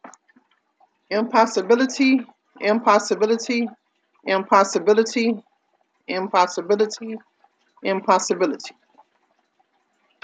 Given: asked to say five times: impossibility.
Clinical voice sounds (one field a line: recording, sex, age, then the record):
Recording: repeated word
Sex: female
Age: 50 to 59 years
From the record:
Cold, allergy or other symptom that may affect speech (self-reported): no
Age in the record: 50 years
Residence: Ohio, United States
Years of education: 12